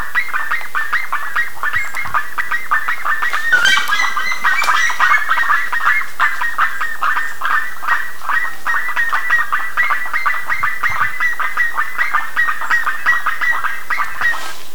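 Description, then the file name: Bird calls, continuous harsh notes repeated several times a second, with a few louder bursts near four seconds. "SABIOD 50 bird 2015"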